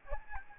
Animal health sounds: mosquito wingbeat signal from an infrared sensor; Aedes albopictus

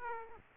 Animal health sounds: mosquito wingbeat signal from an infrared sensor; Aedes aegypti

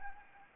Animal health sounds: mosquito wingbeat signal from an infrared sensor; Anopheles gambiae

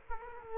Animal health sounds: mosquito wingbeat signal from an infrared sensor; Culex quinquefasciatus

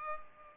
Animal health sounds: mosquito wingbeat signal from an infrared sensor; Culex pipiens

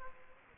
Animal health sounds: mosquito wingbeat signal from an infrared sensor; Aedes aegypti

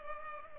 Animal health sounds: mosquito wingbeat signal from an infrared sensor; Culex pipiens

